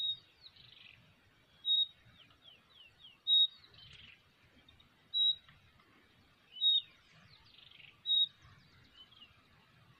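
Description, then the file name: Common nightingale giving clear, flat, high whistles about every one and a half seconds, with softer chattering notes and low rumbling noise between them. "Luscinia megarhynchos"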